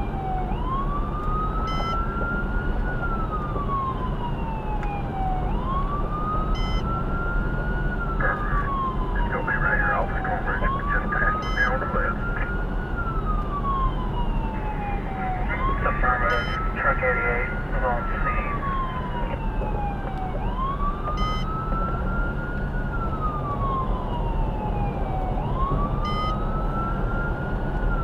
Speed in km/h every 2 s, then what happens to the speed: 109, 109, 109, 109, 109, 109, 109, 108, 108, 108, 108, 106, 106, 108.
0-28 steady at about 108.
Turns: none.